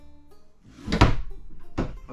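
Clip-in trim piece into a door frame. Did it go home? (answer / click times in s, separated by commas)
no / none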